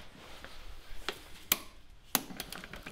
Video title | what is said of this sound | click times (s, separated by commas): Replacing 2007 Renault Laguna Rear NEARSIDE Axle Bush. Using £40 Removal/Install Tool 🚗 | There's our click. | 1.5 s, 2.2 s